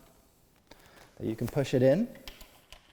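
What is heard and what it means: An anti-tipper tube is handled at its socket on the rear frame of a 13.5 lb Featherchair wheelchair, with its spring button to be pressed so it can be pushed in. Someone talks through the middle of the clip, with faint light ticks around 0.7 s and 2.7 s. The clip ends before the part goes home, so nothing has seated or clicked yet.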